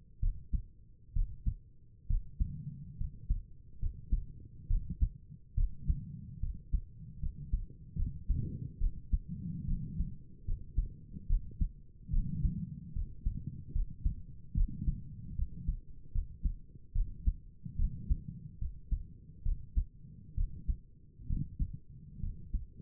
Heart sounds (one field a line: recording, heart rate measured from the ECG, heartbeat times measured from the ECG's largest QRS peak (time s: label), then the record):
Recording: heart sounds by stethoscope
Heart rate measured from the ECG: 71 bpm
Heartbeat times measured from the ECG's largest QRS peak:
0.21 s: heartbeat
1.14 s: heartbeat
2.08 s: heartbeat
2.98 s: heartbeat
3.80 s: heartbeat
4.69 s: heartbeat
5.56 s: heartbeat
6.41 s: heartbeat
7.21 s: heartbeat
7.97 s: heartbeat
8.80 s: heartbeat
9.67 s: heartbeat
10.46 s: heartbeat
11.28 s: heartbeat
12.12 s: heartbeat
12.94 s: heartbeat
13.74 s: heartbeat
14.56 s: heartbeat
15.37 s: heartbeat
16.13 s: heartbeat
16.94 s: heartbeat
17.78 s: heartbeat
18.60 s: heartbeat
19.44 s: heartbeat
20.36 s: heartbeat
21.28 s: heartbeat
22.21 s: heartbeat
From the record:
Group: healthy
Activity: cold pressor test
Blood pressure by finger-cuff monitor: 92/60 mmHg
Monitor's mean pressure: 70 mmHg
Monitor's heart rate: 72 bpm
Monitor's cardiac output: 5.7 L/min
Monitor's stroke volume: 78 mL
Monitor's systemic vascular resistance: 870 dyn s/cm5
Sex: female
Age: 22 years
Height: 163 cm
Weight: 67.1 kg